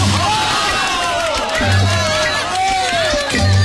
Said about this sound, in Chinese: 给老兄鼓掌。